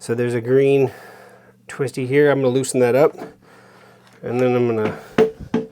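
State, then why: Not seated. Someone talks while handling an attachment shaft at the coupling of an EGO Power+ cordless multi-head power head, after loosening the green twist knob, with a few short knocks near the end, the sharpest at 5.5 s. Nothing has seated or clicked yet; the shaft is not yet home in the coupling.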